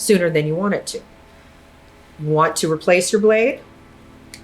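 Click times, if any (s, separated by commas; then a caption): 4.3 s. A plastic snap-on blade is removed from a 5 in 1 detail trimmer. Someone talks from the start until about 3.6 s, and then a single sharp click is heard at 4.3 s as the blade pops off its groove.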